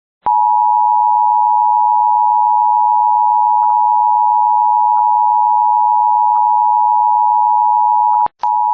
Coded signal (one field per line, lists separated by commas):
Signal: Emergency Alert System (SAME) tones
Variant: 853 and 960 Hz attention tone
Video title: EAS TORNADO WARNING For Tangipahoa Lusiana (October 16, 2025) During Animal Planet